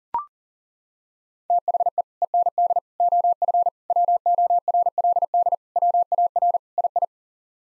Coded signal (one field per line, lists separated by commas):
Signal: Morse code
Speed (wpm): 40 wpm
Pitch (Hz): 700 Hz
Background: none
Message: THE END OF WORLD WAR II